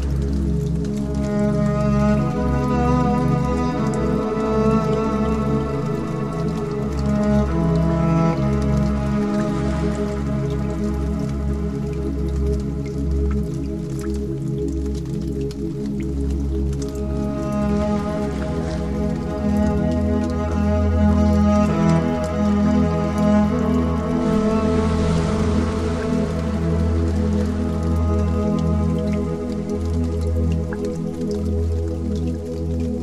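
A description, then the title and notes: Water drops with a fire, carried on a steady, deep humming drone that holds level for the whole half minute. Faint ticks and crackles sit above it, and soft hissing swells rise briefly around 10, 18 and 25 seconds. Waterdrop with fire sound.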